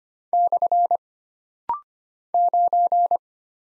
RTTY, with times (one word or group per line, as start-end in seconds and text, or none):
none